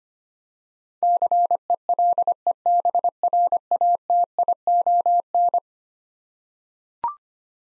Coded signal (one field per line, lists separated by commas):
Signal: Morse code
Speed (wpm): 25 wpm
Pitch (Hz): 700 Hz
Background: none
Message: CELEBRATION